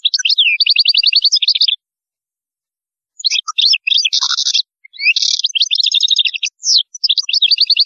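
European goldfinch song, a fast liquid twitter of high trills and nasal buzzes in two bursts separated by a short silence.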